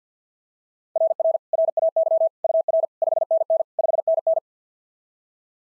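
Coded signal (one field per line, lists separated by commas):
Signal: Morse code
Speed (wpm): 46 wpm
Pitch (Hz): 660 Hz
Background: none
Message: RR RAY UR 5NN 5NN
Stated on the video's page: Morse practice at 50 wpm: simulated SOTA QSO exchanges, sent, spoken, then sent again.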